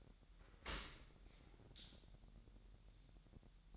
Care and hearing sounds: daily activity, microphone in the room; open dishwasher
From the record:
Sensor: 3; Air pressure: 1000.4 hPa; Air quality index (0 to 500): 248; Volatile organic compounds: 173 ppm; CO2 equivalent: 4115 ppm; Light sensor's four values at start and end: 10/24/10/10 and 10/24/10/10

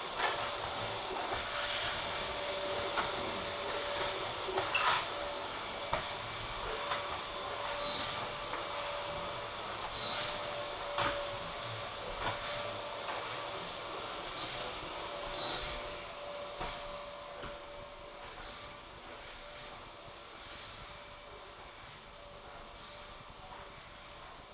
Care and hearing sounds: daily activity, microphone in the room; vacuum cleaning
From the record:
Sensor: 5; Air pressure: 1012.0 hPa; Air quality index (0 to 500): 247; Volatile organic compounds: 5 ppm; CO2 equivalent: 1706 ppm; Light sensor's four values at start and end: 34/79/33/34 and 36/83/34/35

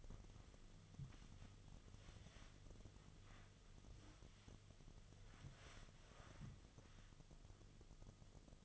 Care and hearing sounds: daily activity, microphone in the room; wipe stove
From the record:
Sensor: 4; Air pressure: 1005.6 hPa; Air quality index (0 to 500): 108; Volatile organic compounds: 3 ppm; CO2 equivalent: 1352 ppm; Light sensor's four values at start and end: 11/26/10/10 and 12/26/10/10

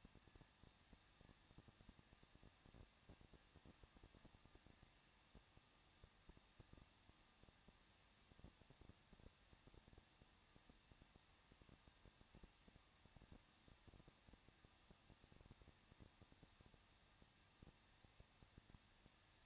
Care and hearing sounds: daily activity, microphone in the room; no activity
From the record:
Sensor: 3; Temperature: 21.2 degrees Celsius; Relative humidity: 36.2%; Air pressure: 1006.6 hPa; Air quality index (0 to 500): 220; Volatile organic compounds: 39 ppm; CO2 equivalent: 3129 ppm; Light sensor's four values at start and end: 2/3/2/2 and 2/3/2/2

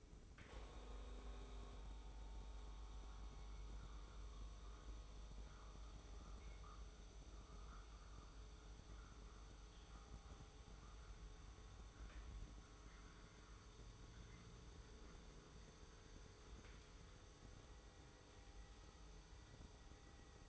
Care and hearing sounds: daily activity, microphone in the room; make coffee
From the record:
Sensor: 1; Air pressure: 995.2 hPa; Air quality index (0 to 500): 33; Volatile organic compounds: 1 ppm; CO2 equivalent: 601 ppm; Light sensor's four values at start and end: 15/51/18/20 and 15/51/18/20

